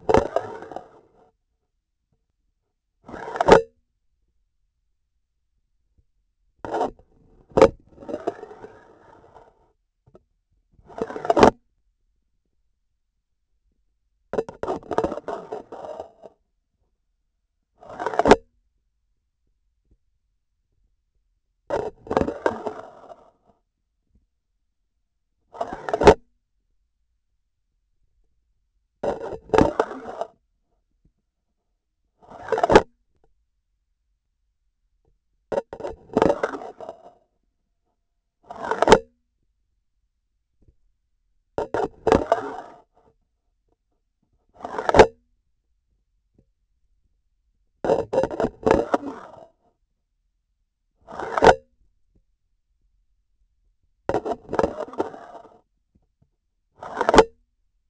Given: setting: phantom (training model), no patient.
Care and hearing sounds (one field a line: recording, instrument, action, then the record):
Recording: laparoscopic instrument, vibration sensor on the handle end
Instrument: grasping forceps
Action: insertion and removal through the trocar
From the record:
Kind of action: spatial motion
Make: Olympus